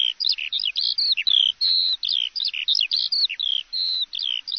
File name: Alouette des champs